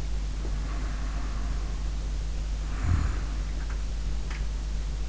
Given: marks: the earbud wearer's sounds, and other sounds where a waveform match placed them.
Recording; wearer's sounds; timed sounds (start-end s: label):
sounds in sleep by an in-ear microphone; breath, snoring breath
0.17-2.12 s: breath
2.45-4.45 s: snoring breath